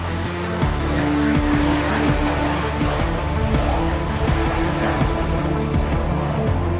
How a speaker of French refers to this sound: Sur la base aérienne de Solenzara, en Corse, un chasseur s'apprête à décoller. Ce n'est pas un avion militaire, mais scientifique. Et il part à l'assaut d'un orage, et plus particulièrement des éclairs qui seront produits.